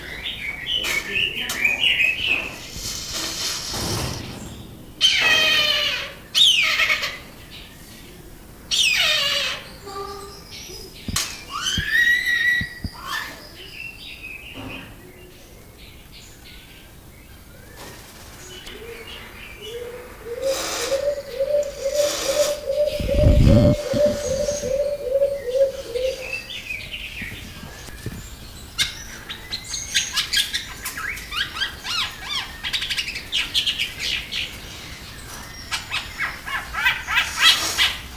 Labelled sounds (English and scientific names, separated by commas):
Trumpet Manucode (Phonygammus keraudrenii) call